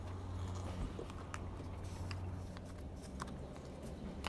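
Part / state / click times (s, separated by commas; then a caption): plastic fob shell half going onto the other half of a vehicle key remote / seated / 4.3 s. After the battery is swapped in a vehicle key remote, one plastic fob shell half is pressed onto the other half over a low steady hum with faint handling ticks, one near 1.4 s. At 4.3 s the case pops shut with a sharp snap, and the fob is seated closed.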